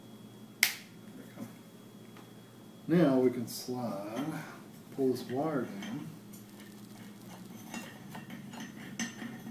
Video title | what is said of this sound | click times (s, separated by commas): Rewiring A Lamp | on here and you'll hear it kind of snap into place | 0.6 s